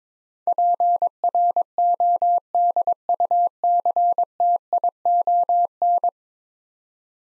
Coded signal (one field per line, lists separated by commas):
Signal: Morse code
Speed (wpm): 22 wpm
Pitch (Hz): 700 Hz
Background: none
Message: PRODUCTION